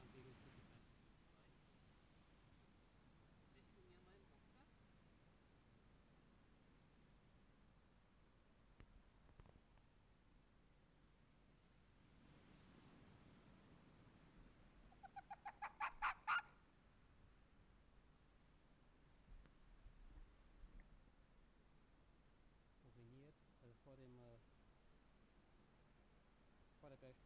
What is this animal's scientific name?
Vulpes lagopus